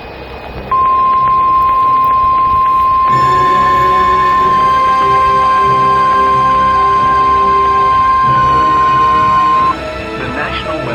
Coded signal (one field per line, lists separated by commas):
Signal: Emergency Alert System (SAME) tones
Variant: 1050 Hz attention tone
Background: speech, music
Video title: Ham on the Road: Smoky Mountain Road Trip, Part3 - TORNADO OUTBREAK! Goodbye and God Bless, Friends.